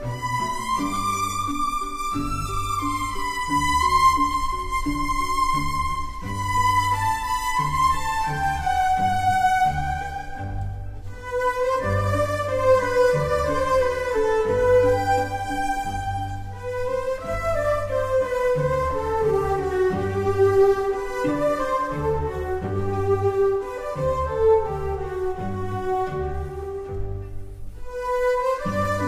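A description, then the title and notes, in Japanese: Recorded near Kyoto's Yasaka pagoda, a steady melody of sustained, gliding notes floats over a low pulsing bass, with a brief pause near ten seconds. 京都 八坂の塔。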